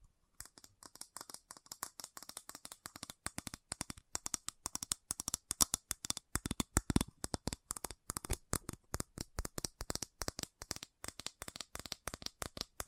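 Fast tapping in quick, uneven bursts, each tap a sharp crisp click reaching from low thuds up into bright ticks. The taps run densely across the whole clip with brief gaps, louder and heavier around the middle, with a faint steady high tone underneath.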